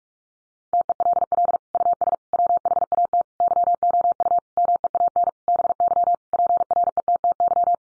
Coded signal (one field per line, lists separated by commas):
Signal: Morse code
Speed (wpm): 44 wpm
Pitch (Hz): 700 Hz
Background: none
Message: TELL US WHAT YOU MEAN BY PRETTY